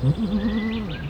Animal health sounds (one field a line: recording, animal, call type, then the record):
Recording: contact call of a hoofed animal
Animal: goat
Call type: low-frequency (closed-mouth) or high-frequency (open-mouth) call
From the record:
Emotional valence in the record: negative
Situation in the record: short social isolation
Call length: 1.11 s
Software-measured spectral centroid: 1440 Hz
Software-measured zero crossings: 860 a second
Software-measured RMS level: -23 dBFS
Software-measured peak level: -10 dBFS